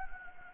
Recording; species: mosquito wingbeat signal from an infrared sensor; Anopheles gambiae